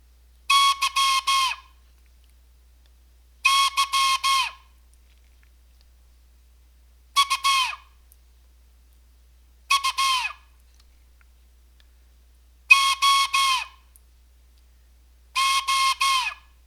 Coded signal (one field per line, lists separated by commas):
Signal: Morse code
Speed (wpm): 16 wpm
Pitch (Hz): 1090 Hz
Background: none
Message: YYUUOO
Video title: Telegraphy Morse Code English